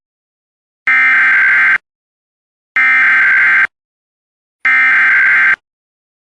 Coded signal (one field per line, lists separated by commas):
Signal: Emergency Alert System (SAME) tones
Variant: header bursts